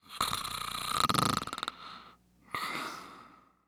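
Two snoring breaths from an adult man: a long rattling inspiratory snore with a fluttering, purr-like vibration that fades into a softer exhale, followed by a second breath after a brief pause. Typical of soft-tissue vibration in the upper airway during sleep.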